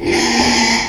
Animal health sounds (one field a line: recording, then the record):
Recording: squeal of a Yucatan mini pig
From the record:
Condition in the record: after surgery on the right vocal fold (resection and tissue-engineered implant)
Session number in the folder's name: 2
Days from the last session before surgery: 13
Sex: male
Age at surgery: 12 weeks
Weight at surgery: 13 kg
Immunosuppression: cyclosporine, prednisolone